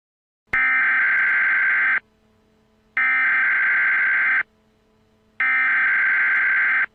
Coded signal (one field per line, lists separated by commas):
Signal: Emergency Alert System (SAME) tones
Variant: header bursts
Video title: EAS Scenario: Radioactive Independence (A 4th of July Special)